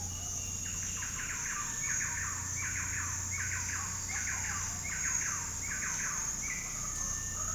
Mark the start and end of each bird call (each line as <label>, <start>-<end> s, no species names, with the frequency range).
bird call (0.4-3.8 kHz), 0.03-7.46 s